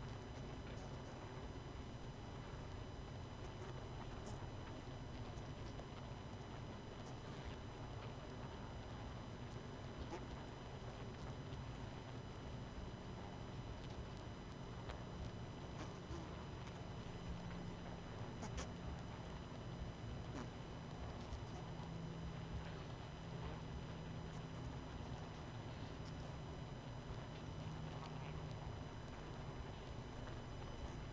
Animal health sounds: honeybee colony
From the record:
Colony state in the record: missing queen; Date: 31 May 2018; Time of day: 19:49

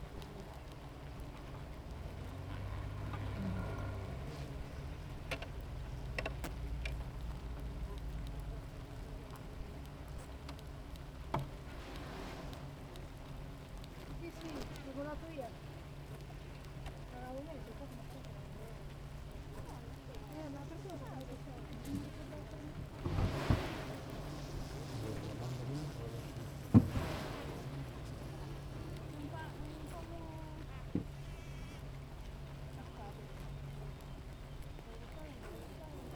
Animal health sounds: honeybee colony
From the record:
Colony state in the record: active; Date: 28 July 2017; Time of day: 7:25

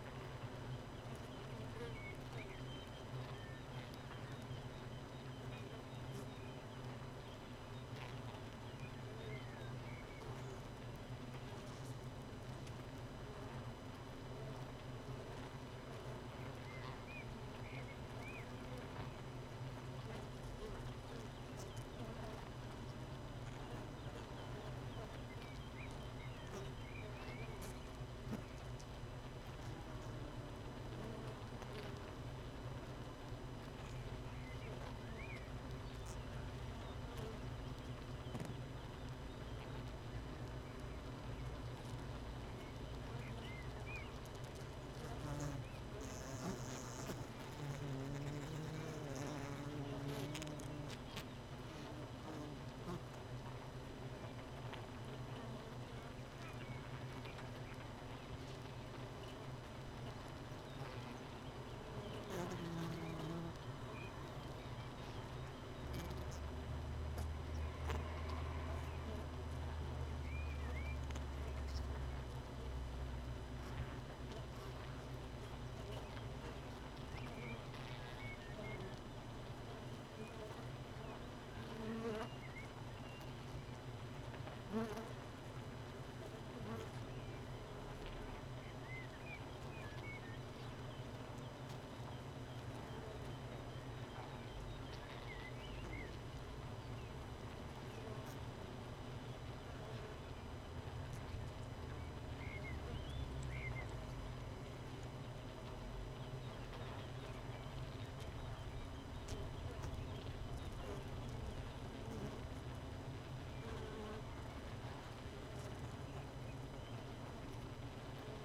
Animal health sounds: honeybee colony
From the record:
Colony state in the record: missing queen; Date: 31 May 2018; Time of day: 4:04

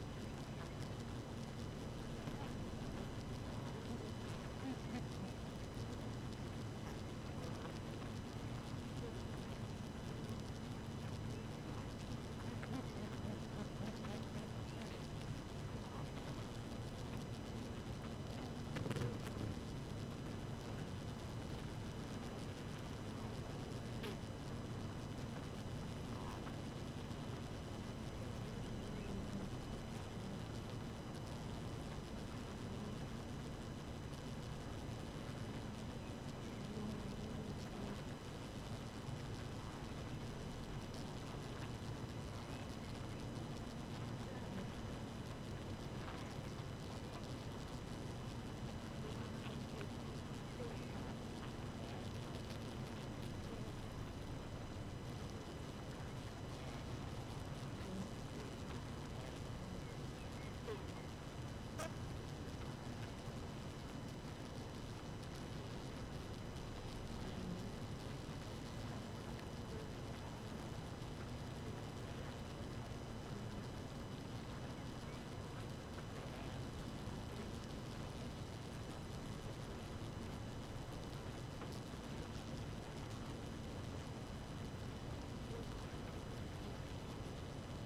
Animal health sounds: honeybee colony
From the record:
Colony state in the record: active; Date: 12 June 2018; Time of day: 4:36

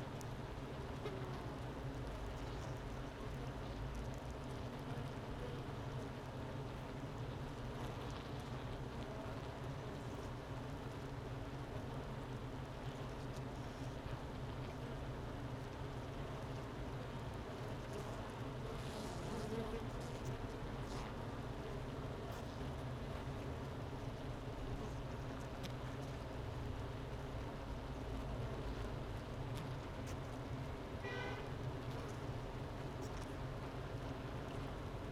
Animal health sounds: honeybee colony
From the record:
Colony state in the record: missing queen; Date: 31 May 2018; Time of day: 10:55

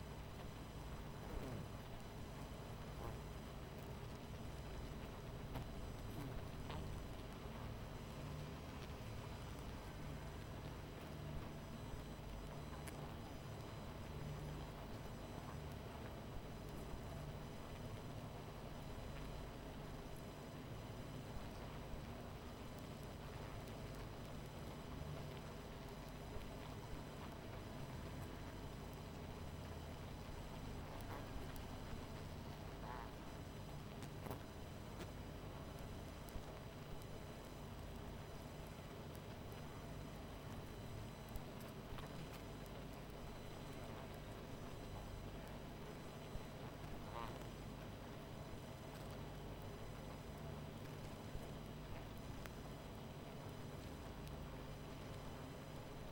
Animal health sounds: honeybee colony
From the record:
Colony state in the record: missing queen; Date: 14 July 2017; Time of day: 22:11

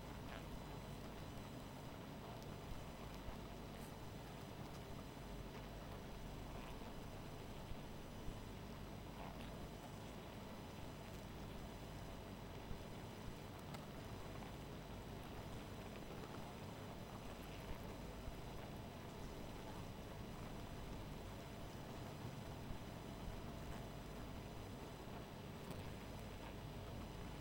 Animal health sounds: honeybee colony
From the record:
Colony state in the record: missing queen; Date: 14 July 2017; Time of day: 0:45

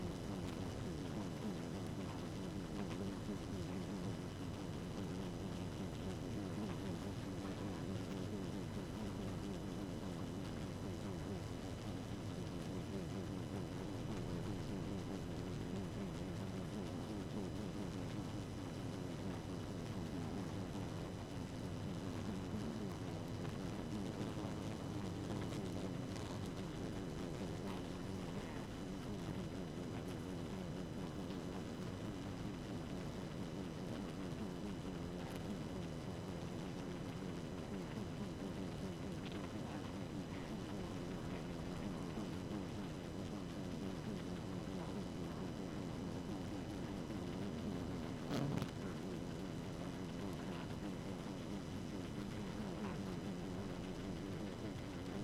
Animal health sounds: honeybee colony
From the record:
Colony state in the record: active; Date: 12 June 2018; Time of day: 1:30

